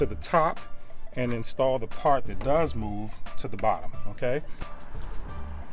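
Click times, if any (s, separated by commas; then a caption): none. Someone talks over background music while handling the moving socket end of a tailgate assist gas shock at its lower mounting ball stud on a Ford pickup truck tailgate. Nothing has seated or clicked onto the ball stud yet.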